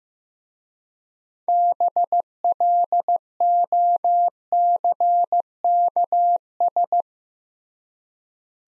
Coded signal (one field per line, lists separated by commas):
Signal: Morse code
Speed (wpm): 15 wpm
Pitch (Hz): 700 Hz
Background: none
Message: BLOCKS